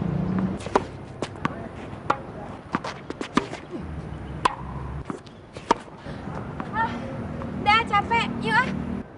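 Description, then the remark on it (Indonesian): A tennis ball is struck hard again and again, sharp cracking pops in an irregular rally rhythm, with a voice speaking near the end. “Pukulan kamu keras-keras. Aku gak bisa balas deh.”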